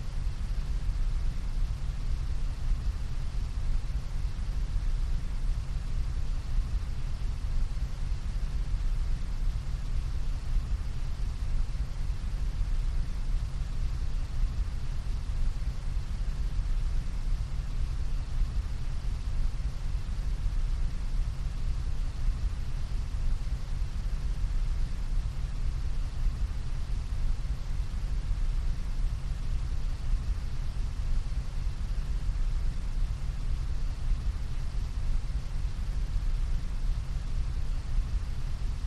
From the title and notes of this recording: Large Floor Fan. Great low droning sound. Who doesn't love the droning, wind blowing sound of a fan. At high volume, be prepared to be blown away with a steady push of heavy air and low frequency noise. Raw audio: Focusrite Scarlett CM25, Focusrite Scarlett 2i2.